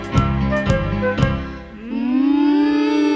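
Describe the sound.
A voice imitates a cow mooing in a stable as part of a children's song, a long, steady, low-pitched drone that swells up and holds loudly to the end, following a few sharp beats of musical accompaniment.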